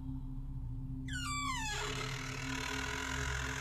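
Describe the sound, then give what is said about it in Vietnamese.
A wooden door of a room, pushed gently open by hand at night, creaks in one long, wavering squeal that slides down in pitch over about a second, then gives way to a steady low hum and faint hiss. “Đoạn tay kia đưa tay đẩy nhẹ cánh cửa của căn phòng. Âm thanh rít lên kèn kẹt trong đêm, nghe đến rợn cả người.”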